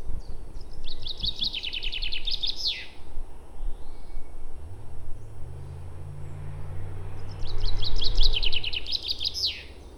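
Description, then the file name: Common chaffinch song, two rattling descending trills that end in a sharp flourish, several seconds apart, with a low hum starting between them. "Fringilla coelebs"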